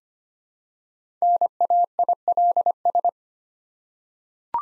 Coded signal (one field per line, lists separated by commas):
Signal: Morse code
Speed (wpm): 25 wpm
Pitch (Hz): 700 Hz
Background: none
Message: NAILS